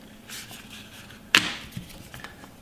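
A phone is pressed into a plastic protective case and snaps into place with one sharp, loud click at 1.4 s. A few quieter handling taps and rustles follow, and the phone is seated easily in the case.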